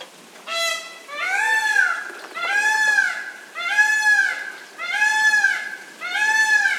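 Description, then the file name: Indian peafowl calling with a short first cry, then five longer, drawn-out, slightly rising-and-falling wails about a second apart. "Pavo cristatus"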